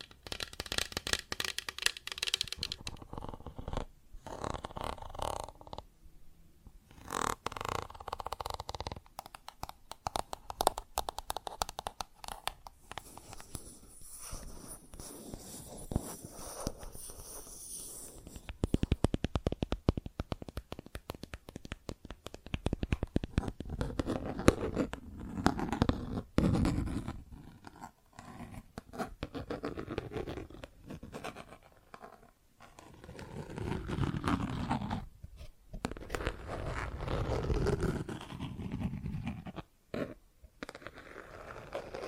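Plastic objects are tapped and scratched in uneven bursts of dense clicks and rasping scrapes, broken by brief silent pauses throughout.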